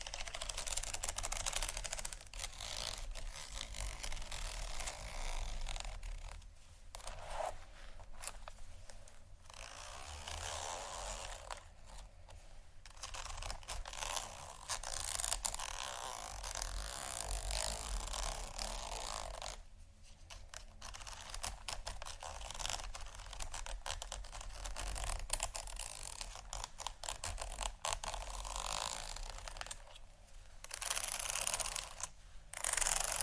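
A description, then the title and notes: Textured bags are handled in a continuous run of crinkling and rustling, dense and bright, with a steady low rumble underneath. Brief near-silent gaps break the handling around 7, 12, 20 and 31 seconds, and small clicks and snips surface throughout. ASMR 4 Textured Bags 1 Hour（No Talking）.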